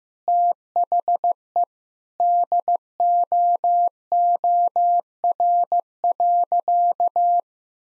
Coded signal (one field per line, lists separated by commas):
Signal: Morse code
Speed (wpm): 15 wpm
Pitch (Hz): 700 Hz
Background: none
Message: THE DOOR.